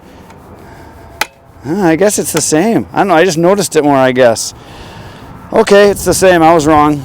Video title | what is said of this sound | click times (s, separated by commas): NEW! HUSQVARNA 3120XP with 5' BAR RIPPING HUGE LOGS! | this one maybe just clicks a little bit more so there's disengaged | 1.2 s